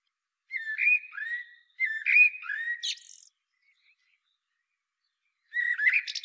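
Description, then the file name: Common blackbird giving two mellow, whistled warbling phrases with a sharp high squeak at the end, then another phrase beginning after a pause. "Turdus merula"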